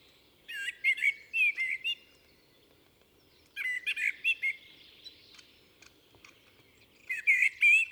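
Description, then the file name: Common blackbird singing mellow whistled phrases that break into squeaky high twitters, three phrases spaced about three seconds apart over a quiet background. "Turdus merula"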